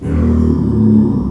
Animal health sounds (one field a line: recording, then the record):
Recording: squeal of a Yucatan mini pig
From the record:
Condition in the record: after surgery on the right vocal fold (resection and tissue-engineered implant)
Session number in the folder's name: 16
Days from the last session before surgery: 183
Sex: female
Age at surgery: 19 weeks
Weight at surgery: 25 kg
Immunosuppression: prednisolone